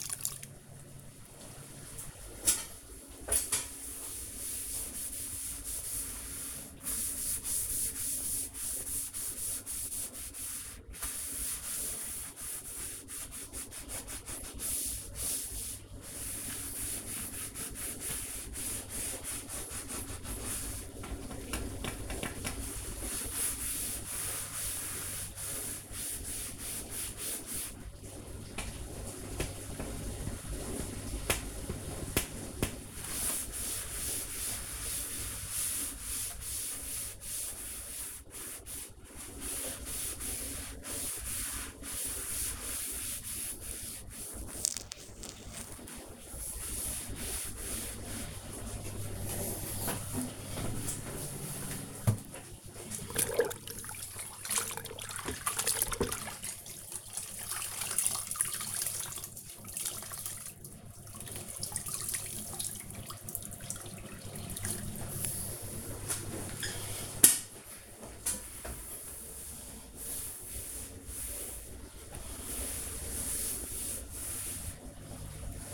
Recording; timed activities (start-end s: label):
household activities, microphone on the right wrist
0.00-50.39 s: cleaning the cupboard
0.00-75.74 s: kitchen